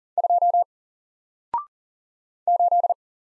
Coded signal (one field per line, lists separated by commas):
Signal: Morse code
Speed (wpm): 40 wpm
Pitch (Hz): 700 Hz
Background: none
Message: 2 8